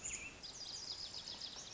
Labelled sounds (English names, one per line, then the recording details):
Pacific Wren
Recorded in Sonoma County, California